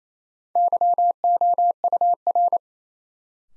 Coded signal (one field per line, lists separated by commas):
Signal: Morse code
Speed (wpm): 28 wpm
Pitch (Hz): 700 Hz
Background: none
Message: YOUR